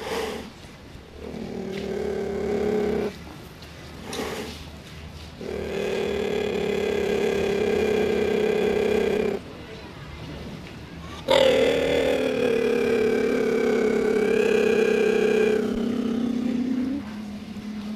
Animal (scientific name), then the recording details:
Acinonyx jubatus. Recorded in captivity. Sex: group. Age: adult. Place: Zoo Leipzig, Sachsen, DE. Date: 1966-10-22 15:45. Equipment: Uher 4200 Report Monitor, Sennheiser MD 421, Transistorverstärker. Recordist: Tembrock, Günter